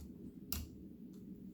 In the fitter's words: they're going to click right into place but you're going to do that on both sides there we go so